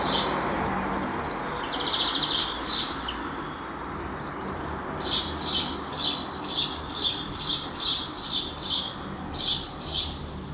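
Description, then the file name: House sparrow chirping, a few scattered notes at first, then a steady run of loud chirps about twice a second, with broad background noise throughout. "Passer domesticus"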